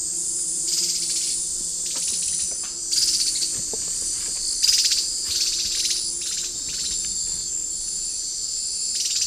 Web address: Natures Songs S America Eastern Lowlands Myrmeciza atrothorax, alarm call and call